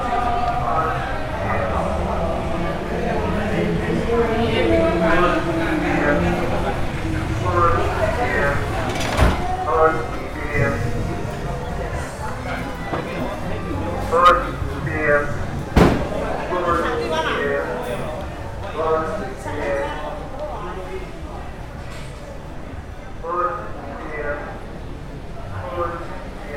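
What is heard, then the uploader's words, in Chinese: Older local men and women chatter and call out around an outdoor karaoke gathering, voices overlapping densely and steadily throughout. Sharp knocks or claps cut through near 9 and 16 seconds, with a low rumble of activity underneath. 耳裡傳來的是在地超齡少年與超齡少女們唱卡拉OK的歡唱聲,其中穿插著賣粉圓冰的攤車不斷的叫賣。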